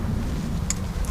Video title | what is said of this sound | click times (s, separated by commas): Major PORSCHE engine issue fixed for just £35! #porsche #boxster #PorscheBoxster #cardiy | there we go that's really important because if you don't lock it into place it will pop off | 0.7 s